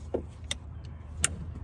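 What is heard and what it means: The second wire harness connector is pushed onto its MSD Street Fire ignition coil pack during a coil pack swap on a 2007–2013 Silverado 1500 with a 4.8/5.3/6.0L engine. A few faint ticks come first, including a sharper one at 0.5 s, then a bright, crisp snap at 1.2 s as the connector clicks in and seats.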